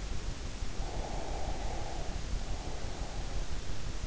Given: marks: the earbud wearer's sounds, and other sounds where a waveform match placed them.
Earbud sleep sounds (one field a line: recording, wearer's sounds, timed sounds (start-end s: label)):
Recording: sounds in sleep by an in-ear microphone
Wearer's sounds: breath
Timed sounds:
0.99-3.42 s: breath